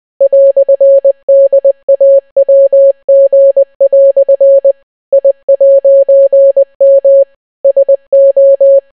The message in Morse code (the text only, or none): "DAWG" I'M SO